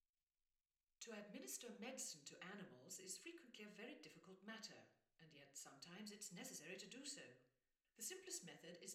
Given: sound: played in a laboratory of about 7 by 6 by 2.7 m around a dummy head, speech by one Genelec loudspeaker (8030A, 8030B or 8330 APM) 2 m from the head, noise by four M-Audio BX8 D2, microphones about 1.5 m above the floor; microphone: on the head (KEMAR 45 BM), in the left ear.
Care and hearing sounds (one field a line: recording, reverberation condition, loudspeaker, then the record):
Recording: female speech in English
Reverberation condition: medium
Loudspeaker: 30 degrees to the left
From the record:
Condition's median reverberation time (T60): about 510 ms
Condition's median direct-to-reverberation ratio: about -0.5 dB